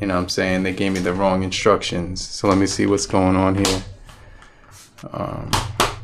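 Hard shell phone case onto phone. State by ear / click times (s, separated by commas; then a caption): seated / 5.8 s. Someone talks while handling a Juinai 3-piece heavy-duty armor shockproof case for a Moto G Power 2021, followed by a few faint taps. The hard plastic shell part is then pressed onto the phone and pops on with a sharp click at 5.8 s, seating the case.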